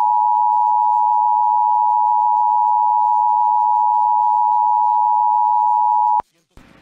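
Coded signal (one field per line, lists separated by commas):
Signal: Emergency Alert System (SAME) tones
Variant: 853 and 960 Hz attention tone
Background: speech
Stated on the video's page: Hurricane warning received on NOAA Weather Radio.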